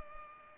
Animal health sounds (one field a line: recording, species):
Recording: mosquito wingbeat signal from an infrared sensor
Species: Culex pipiens